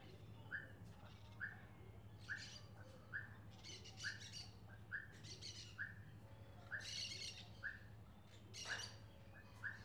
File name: Dois sapos rio vermelho a tarde goias velho passaros, pessoas e cachorro longe